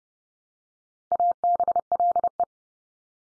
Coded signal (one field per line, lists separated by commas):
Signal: Morse code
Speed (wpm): 30 wpm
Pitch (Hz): 700 Hz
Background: none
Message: ABLE